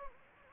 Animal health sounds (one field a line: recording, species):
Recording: mosquito wingbeat signal from an infrared sensor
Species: Anopheles gambiae